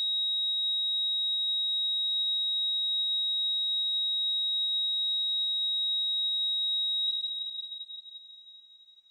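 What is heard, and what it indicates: A steady high-pitched cardiac monitor tone holds for about seven seconds, then fades: a flatline, no heartbeat detected, signalling death.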